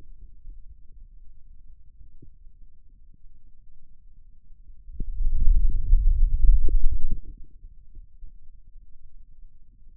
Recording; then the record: forearm muscle sounds (acoustic myography)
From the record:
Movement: wrist extension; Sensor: system 2, bracelet of six BSWA MPA416 microphones around the upper forearm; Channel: 2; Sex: male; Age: 22 years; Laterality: right